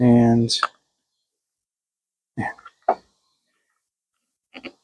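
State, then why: Seated. A turn signal bulb socket with its gasket is inserted into the plastic front turn signal housing of a Jeep Patriot and twisted until it locks in place with a sharp click at 2.9 seconds. Someone talks briefly at the start, and a few faint clicks follow near the end.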